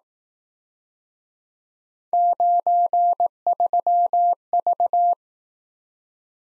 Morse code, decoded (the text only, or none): 93V